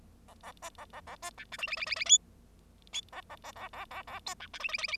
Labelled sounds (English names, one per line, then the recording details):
Bengalese Finch song
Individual Bird0